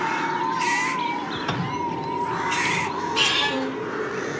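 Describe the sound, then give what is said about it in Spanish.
Birds in hanging cages let out harsh, raspy squawks in three or four short bursts, spaced irregularly over a steady high drone that runs underneath throughout. “Con la llave maestra va abriendo las jaulas para que los pájaros vuelen.”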